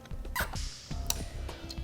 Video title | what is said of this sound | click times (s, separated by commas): etrailer - How to Install: Inno Aero Roof Rack for Naked Roofs on your 2016 Acura MDX | once we hear that click that's when we know we have enough torque behind our bolt | 1.1 s